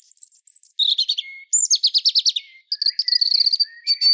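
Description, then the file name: European robin song: a fluid run of high thin whistles, rapid trills and tinkling notes jumping between pitches, in short phrases separated by brief pauses. "Erithacus rubecula"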